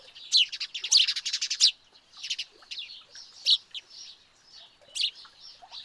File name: Passer domesticus